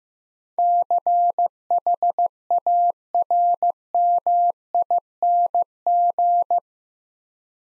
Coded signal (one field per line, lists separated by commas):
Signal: Morse code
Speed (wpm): 15 wpm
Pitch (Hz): 700 Hz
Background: none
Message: CHARMING